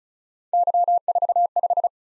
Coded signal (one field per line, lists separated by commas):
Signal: Morse code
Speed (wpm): 36 wpm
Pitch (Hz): 700 Hz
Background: none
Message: Y45